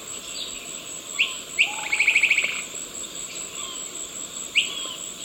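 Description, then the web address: Brown-rumped foliage-gleaner giving sharp upswept call notes and one quick dry rattle, over a steady high insect hum. Eastern lowlands of South America. "Natures Songs S America Eastern Lowlands. Brown-rumped Foliage-gleaner"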